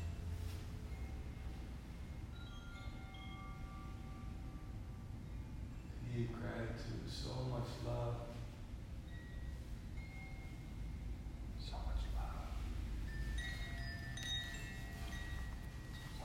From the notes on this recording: crystal & singing bowls, harmonium, guitar, bells, pan flute, drum, gong, frog, mantra, and singing